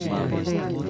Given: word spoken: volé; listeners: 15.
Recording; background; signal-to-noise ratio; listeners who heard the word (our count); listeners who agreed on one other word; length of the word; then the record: one Spanish word in noise, from a listening test; eight-talker babble; -2.0 dB; 0 of 15; 6 of 15; 0.50 s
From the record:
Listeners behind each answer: 6, 2, 1, 1, 1, 1, 1, 1, 1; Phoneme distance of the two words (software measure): 27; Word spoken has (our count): 2 syllables, 4 phonemes, stress on syllable 2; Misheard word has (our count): 2 syllables, 5 phonemes, stress on syllable 2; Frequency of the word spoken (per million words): 0.33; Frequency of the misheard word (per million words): 438.52